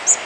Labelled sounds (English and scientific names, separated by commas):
Blue-winged Warbler (Vermivora cyanoptera) flight call